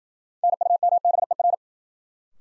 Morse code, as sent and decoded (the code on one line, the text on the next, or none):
-. ..- -- -... . .-.
NUMBER